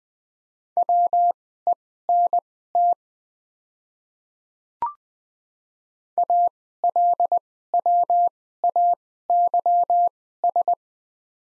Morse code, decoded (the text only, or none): WENT ALWAYS